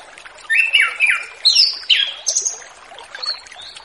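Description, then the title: Orange-headed thrush song: a quick run of varied whistled phrases with sliding notes and short chirps, loud for about two seconds, then softer notes over a steady hiss. Relaxed, open-toned song style called ngeplong santai, used as a lure for wild spotted (trotol) orange-headed thrushes. "Anis Kembang Ngeplong Santai , Untuk Pancingan Anis Kembang Lepas Trotol"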